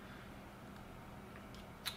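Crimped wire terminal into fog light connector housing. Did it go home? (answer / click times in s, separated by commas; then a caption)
yes / 1.9 s. A crimped terminal on the black wire is wiggled, hollow side pointing in, into the left side of a plastic fog light connector housing for Morimoto XB LED fog lights on a GTI / Jetta, then pushed through. A faint tick is heard at about 1.4 seconds, followed by a sharp little click at 1.9 seconds as the terminal locks into place.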